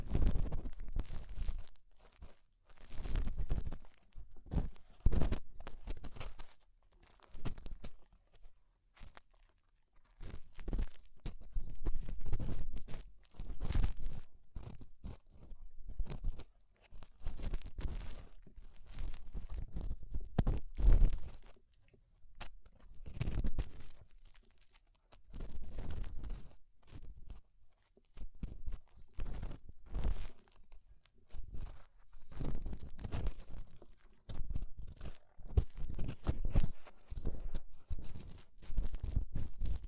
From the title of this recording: Ear Cleaning Rhinestone & Clay Removal